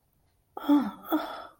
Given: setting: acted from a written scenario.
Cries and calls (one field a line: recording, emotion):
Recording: vocal sound without words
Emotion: awe